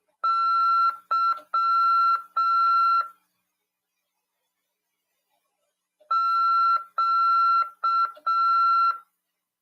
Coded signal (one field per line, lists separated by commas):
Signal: Morse code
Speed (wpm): 6 wpm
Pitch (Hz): 1350 Hz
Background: none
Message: Y Q